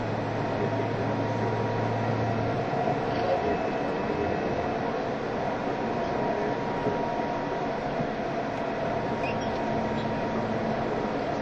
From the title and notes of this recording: E351系 Sあずさ18号. 松本～新宿. 速達運用だった＂スーパーあずさ18号＂の列車走行音(静止画)です。 Train running sound.